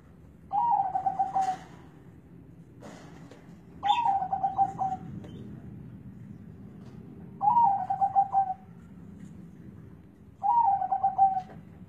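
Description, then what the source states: Zebra dove repeating a short, bubbling coo phrase four times, about every three to four seconds, over steady low background noise. Local Indonesian perkutut, a contest bird whose voice is the main judging criterion in song contests.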